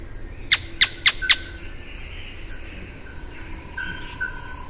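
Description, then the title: Canebrake groundcreeper calling four sharp, clipped notes in quick succession over a steady high background whine, then quiet. "LuckyPassaro Completos2Sama. Canebrake Groundcreeper (Clibanornis dendrocolaptoides)"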